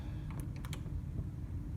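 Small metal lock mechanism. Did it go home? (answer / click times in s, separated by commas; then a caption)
released / 0.7 s. A flat screwdriver in the emergency release hole of an interior privacy door knob is turned clockwise, as most such locks require, producing a quick run of small sharp ticks from about 0.3 s over a steady low rumble. The loudest click comes at 0.7 s as the lock mechanism releases, and the door is unlocked.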